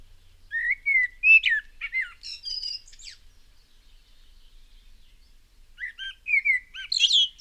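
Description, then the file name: Common blackbird song in two phrases: rich, warbled whistles sliding up and down, closing with high scratchy chatter, a quiet gap between them. "Turdus merula"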